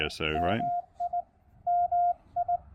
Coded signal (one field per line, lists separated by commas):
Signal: Morse code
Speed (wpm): 18 wpm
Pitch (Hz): 700 Hz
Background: speech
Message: MI MI